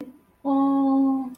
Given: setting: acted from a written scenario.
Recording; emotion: vocal sound without words; adoration